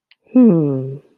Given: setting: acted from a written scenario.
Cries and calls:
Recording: vocal sound without words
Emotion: confusion

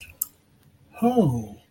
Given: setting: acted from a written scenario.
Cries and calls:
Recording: vocal sound without words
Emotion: distress

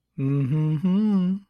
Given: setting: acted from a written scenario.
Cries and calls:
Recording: vocal sound without words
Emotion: romantic love

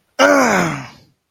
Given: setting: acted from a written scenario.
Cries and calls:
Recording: vocal sound without words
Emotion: pain

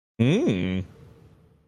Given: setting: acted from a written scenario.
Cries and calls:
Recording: vocal sound without words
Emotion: desire

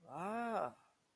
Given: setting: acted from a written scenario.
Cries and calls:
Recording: vocal sound without words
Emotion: serenity

